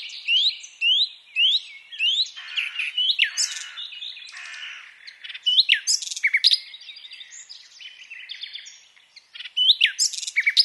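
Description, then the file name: Common nightingale song with loud rising whistled notes repeated, harsh chatter and varied phrases, then more rising whistles at the end. "Luscinia megarhynchos"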